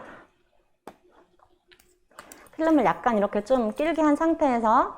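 A 35mm film cartridge, with its leader pulled out a little, is being handled for loading into the film chamber of a film camera. A few faint handling clicks and rustles are heard, then someone talks. The clip ends before the cartridge goes in, so nothing has seated or clicked yet.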